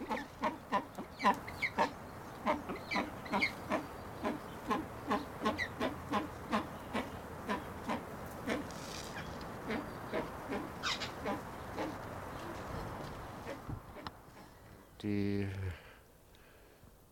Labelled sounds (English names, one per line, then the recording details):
Brown Eared Pheasant call
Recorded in captivity
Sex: diverse
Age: adult
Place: Tierpark Berlin, Berlin, DE
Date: 1992-04-19 11:30
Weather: wechselnd wolkig, 8°C, Windböen
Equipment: Nagra SN, Mikrofon AKG CK 8, Kopie Tesla B 116
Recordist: Tembrock, Günter